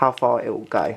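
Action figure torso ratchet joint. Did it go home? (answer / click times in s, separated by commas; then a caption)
no / none. Someone talks while handling a plastic action figure's lower torso ratchet joint, which bends back until it clicks at its limit to show how far it will go. Only speech is heard in this moment; the joint has not clicked or reached its limit yet.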